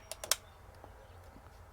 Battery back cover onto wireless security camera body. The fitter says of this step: You hear a click if I stop talking.